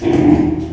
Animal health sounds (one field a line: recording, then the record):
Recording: squeal of a Yucatan mini pig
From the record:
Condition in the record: before surgery on the right vocal fold (resection and tissue-engineered implant)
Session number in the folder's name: 2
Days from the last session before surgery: -15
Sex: female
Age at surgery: 19 weeks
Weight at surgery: 25 kg